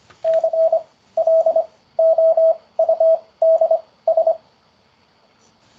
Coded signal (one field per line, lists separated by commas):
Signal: Morse code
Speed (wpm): 25 wpm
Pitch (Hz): 650 Hz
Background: none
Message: CLOUDS